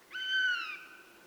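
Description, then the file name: Eurasian jay giving a single drawn-out mewing call, a harmonic-rich tone that holds steady then fades downward, lasting under a second. "Garrulus glandarius"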